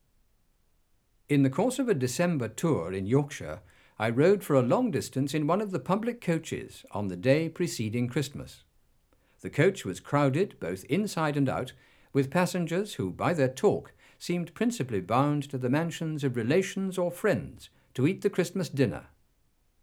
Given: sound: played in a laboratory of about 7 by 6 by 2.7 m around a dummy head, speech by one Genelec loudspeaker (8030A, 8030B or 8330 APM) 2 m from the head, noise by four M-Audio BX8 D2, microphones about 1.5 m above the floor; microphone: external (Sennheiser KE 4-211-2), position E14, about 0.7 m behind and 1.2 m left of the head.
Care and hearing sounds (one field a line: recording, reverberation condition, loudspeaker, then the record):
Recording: male speech in English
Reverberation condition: low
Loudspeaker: 120 degrees to the left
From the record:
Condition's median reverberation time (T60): about 310 ms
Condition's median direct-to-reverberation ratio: about 3.5 dB